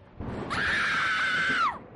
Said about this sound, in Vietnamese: Một tiếng thét thất thanh, tên cầm đầu bỏ chạy, để mặc cho đồng bọn với nhát dao đoạt mạng.